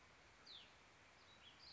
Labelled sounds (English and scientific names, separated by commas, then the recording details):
Hutton's Vireo (Vireo huttoni)
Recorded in Sonoma County, California